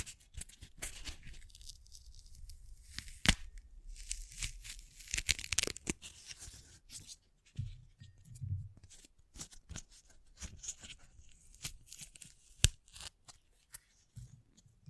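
Crisp snipping and tearing sounds come in quick irregular bursts with sharp clicks and some soft low rustles.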